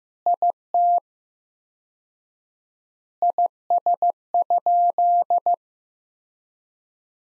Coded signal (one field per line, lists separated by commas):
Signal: Morse code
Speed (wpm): 15 wpm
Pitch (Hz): 700 Hz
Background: none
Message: IT IS?